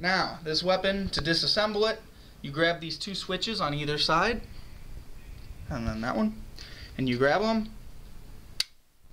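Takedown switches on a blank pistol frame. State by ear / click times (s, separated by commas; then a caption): released / 8.6 s. Someone talks while gripping the two takedown switches on either side of the metal frame of a Bruni Mod P4 blank-firing pistol and pulling them down. A sharp click at 8.6 s marks the slide being unlocked and released, so the pistol is ready to be disassembled.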